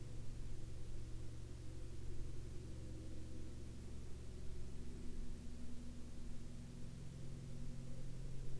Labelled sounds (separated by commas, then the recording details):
aircraft
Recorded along the Dalton Highway, Alaska, on 1 April 2019 at 07:20
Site 05